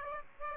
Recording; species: mosquito wingbeat signal from an infrared sensor; Aedes aegypti